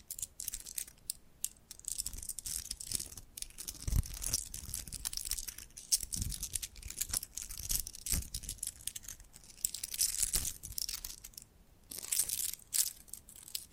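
A run of scratching and brushing sounds with no talking. Rapid, crisp, bright scrapes and crinkles come in dense irregular bursts, with soft low thumps near 4, 6 and 10 seconds and a brief lull just before 12 seconds.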